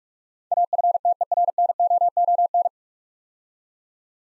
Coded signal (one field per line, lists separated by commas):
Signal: Morse code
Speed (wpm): 44 wpm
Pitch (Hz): 700 Hz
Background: none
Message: AFTERNOON